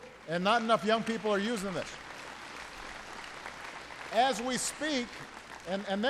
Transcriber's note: applause